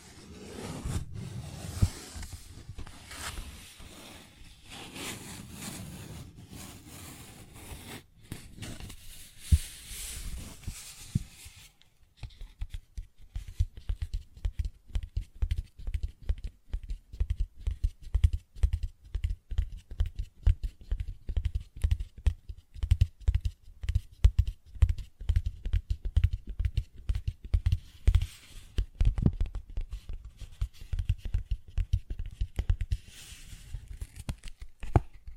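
Paper bag sounds: for the first twelve seconds a rough, rustling scratching with soft swells, then a short pause. After that come rapid, dense taps, fairly regular and low-pitched, with a few sharper, louder knocks near the end.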